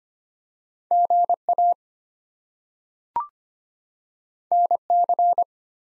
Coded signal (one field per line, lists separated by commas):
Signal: Morse code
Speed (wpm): 25 wpm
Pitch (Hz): 700 Hz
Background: none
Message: GA NC